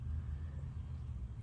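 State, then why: Not seated. A metal grommet for the clutch master cylinder fluid line on a 2003 VW Beetle is moved into position at the line mount before being clipped in. Only a steady low rumble is heard for about 1.4 seconds. Nothing has clipped in or seated yet.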